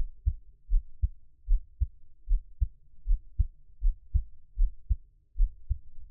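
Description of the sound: Steady, soft low thumps at about 77 beats a minute: the regular heartbeat of an adult, heard close up, with no talking.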